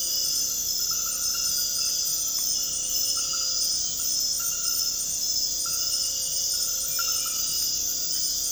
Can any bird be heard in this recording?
no